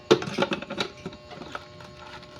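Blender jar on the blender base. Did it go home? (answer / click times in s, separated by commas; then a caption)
yes / 0.1 s. A blender jar loaded with fruit and celery is fitted onto the blender base and locks in place with a sharp click at 0.1 s. Smaller clatters follow at about 0.2, 0.4, 0.5, 0.8 and 1.6 s over a low hum. The jar is now locked on the base.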